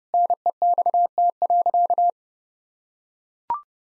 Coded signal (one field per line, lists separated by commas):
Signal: Morse code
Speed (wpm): 30 wpm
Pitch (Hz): 700 Hz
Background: none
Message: NEXT.